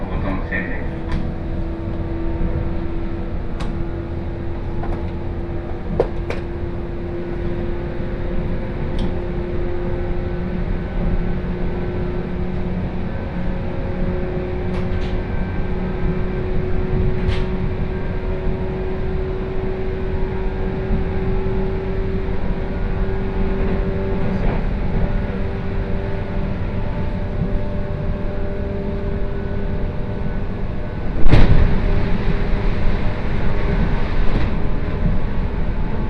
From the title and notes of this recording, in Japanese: 耳で楽しむ鉄道旅 湖西線 小野→おごと温泉→蓬莱。モーター音が全く違うのがよく分かりますし、高架を走っているので踏切の音がないのも分かると思います。